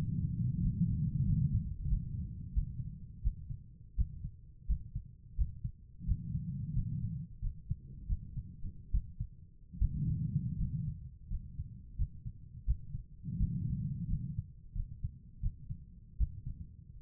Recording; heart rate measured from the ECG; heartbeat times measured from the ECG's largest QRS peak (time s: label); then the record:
heart sounds by stethoscope; 84 bpm
0.62 s: heartbeat
1.26 s: heartbeat
1.89 s: heartbeat
2.54 s: heartbeat
3.23 s: heartbeat
3.97 s: heartbeat
4.68 s: heartbeat
5.37 s: heartbeat
6.07 s: heartbeat
6.74 s: heartbeat
7.41 s: heartbeat
8.08 s: heartbeat
8.92 s: heartbeat
9.79 s: heartbeat
10.57 s: heartbeat
11.29 s: heartbeat
11.97 s: heartbeat
12.66 s: heartbeat
13.39 s: heartbeat
14.07 s: heartbeat
14.74 s: heartbeat
15.41 s: heartbeat
16.18 s: heartbeat
17.00 s: heartbeat
From the record:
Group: healthy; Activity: rest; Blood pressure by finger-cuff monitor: 126/71 mmHg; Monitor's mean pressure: 85 mmHg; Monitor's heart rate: 87 bpm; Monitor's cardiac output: 6.9 L/min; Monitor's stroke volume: 79 mL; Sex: female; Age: 36 years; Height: 163 cm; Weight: 88 kg